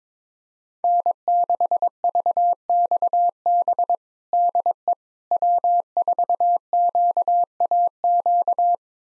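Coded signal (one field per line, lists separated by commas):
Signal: Morse code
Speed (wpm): 22 wpm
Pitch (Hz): 700 Hz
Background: none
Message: N6VXB DE W4QAQ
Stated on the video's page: Call sign pair copying drill at 22 wpm, each five-character call sent in Morse, spoken, then sent again.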